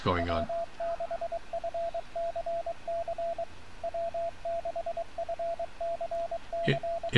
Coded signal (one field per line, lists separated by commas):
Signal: Morse code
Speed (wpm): 23 wpm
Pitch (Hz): 680 Hz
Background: speech, radio noise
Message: W6FCC W6FCC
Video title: CW with RS BA1 by W6FCC